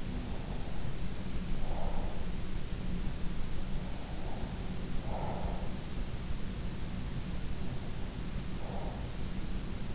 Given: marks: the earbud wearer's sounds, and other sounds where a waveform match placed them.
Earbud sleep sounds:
sounds in sleep by an in-ear microphone; breath
0.00-2.13 s: breath
4.05-5.80 s: breath
7.44-9.13 s: breath

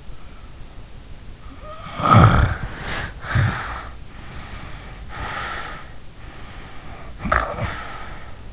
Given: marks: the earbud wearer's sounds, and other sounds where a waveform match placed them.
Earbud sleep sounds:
sounds in sleep by an in-ear microphone; snoring breath, body movement, breath
1.62-4.05 s: snoring breath
2.53-3.16 s: body movement
4.15-5.96 s: breath
6.15-8.53 s: snoring breath

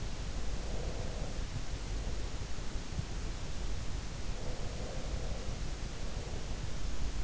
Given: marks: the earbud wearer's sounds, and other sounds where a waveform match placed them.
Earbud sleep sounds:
sounds in sleep by an in-ear microphone; breath
0.55-3.21 s: breath
4.45-7.18 s: breath

